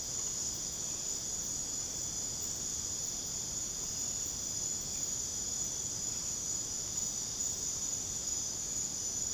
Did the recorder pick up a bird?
no